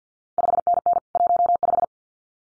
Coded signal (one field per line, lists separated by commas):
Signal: Morse code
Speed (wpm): 50 wpm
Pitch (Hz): 700 Hz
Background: none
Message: 5NN 15